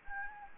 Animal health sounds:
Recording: mosquito wingbeat signal from an infrared sensor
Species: Anopheles gambiae

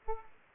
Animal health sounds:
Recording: mosquito wingbeat signal from an infrared sensor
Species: Aedes aegypti

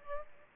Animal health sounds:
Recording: mosquito wingbeat signal from an infrared sensor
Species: Aedes aegypti

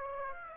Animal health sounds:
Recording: mosquito wingbeat signal from an infrared sensor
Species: Aedes aegypti

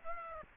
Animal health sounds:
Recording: mosquito wingbeat signal from an infrared sensor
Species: Aedes aegypti

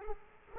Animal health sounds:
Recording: mosquito wingbeat signal from an infrared sensor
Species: Culex quinquefasciatus

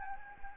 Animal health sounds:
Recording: mosquito wingbeat signal from an infrared sensor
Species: Anopheles gambiae

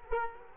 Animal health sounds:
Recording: mosquito wingbeat signal from an infrared sensor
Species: Culex quinquefasciatus

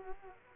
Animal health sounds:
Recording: mosquito wingbeat signal from an infrared sensor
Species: Culex quinquefasciatus

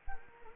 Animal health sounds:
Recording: mosquito wingbeat signal from an infrared sensor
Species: Anopheles gambiae

